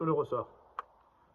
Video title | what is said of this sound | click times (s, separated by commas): Installation de la pièce plate sur la poignée de Tabbert | vous poussez dessus ça s'enclenche et là ça bouge plus | 0.8 s